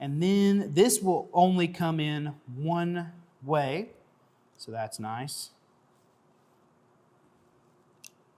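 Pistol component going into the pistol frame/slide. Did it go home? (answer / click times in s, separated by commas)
no / none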